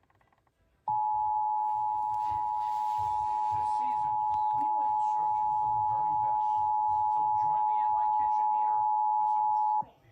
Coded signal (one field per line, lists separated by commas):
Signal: Emergency Alert System (SAME) tones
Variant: 853 and 960 Hz attention tone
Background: speech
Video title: EAS Alerts From 2/6/25 (EAS #3560-3566)